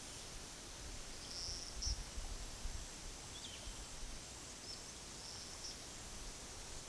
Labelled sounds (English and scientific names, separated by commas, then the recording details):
none
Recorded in pastures near Puerto Asís, Putumayo, Colombia, on 21 February 2024 at 11:30
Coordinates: 0.468, -76.328
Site G6414